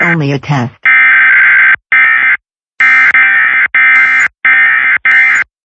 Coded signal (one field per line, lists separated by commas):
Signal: Emergency Alert System (SAME) tones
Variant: end-of-message bursts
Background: speech